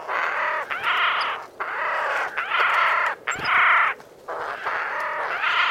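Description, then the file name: Eurasian jay giving several harsh, rasping screeches in quick succession, with brief gaps between. "Garrulus glandarius"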